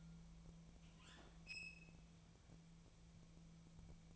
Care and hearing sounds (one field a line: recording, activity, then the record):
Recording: daily activity, microphone in the room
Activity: open fridge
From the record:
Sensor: 1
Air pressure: 1000.1 hPa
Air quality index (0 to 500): 135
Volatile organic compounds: 2 ppm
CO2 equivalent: 1271 ppm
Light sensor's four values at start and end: 36/90/38/46 and 36/90/38/46